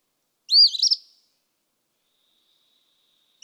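Eastern phoebe song, a single raspy two-part fee-bee phrase, high and brief, with the start of another phrase at the very end.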